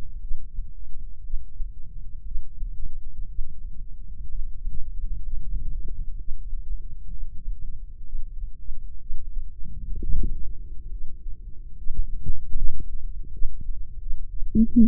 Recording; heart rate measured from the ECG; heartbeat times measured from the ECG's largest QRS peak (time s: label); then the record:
heart sounds by microphone in the left ear; 66 bpm
0.20 s: heartbeat
1.23 s: heartbeat
2.24 s: heartbeat
3.27 s: heartbeat
4.28 s: heartbeat
5.22 s: heartbeat
6.17 s: heartbeat
7.10 s: heartbeat
8.04 s: heartbeat
8.99 s: heartbeat
9.94 s: heartbeat
10.89 s: heartbeat
11.75 s: heartbeat
12.55 s: heartbeat
13.31 s: heartbeat
13.98 s: heartbeat
14.70 s: heartbeat
From the record:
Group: healthy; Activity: Valsalva maneuver 0-9 s, rest 9-15 s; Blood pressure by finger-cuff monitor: 96/68 mmHg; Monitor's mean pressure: 79 mmHg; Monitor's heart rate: 65 bpm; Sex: female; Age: 22 years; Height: 157 cm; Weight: 47.6 kg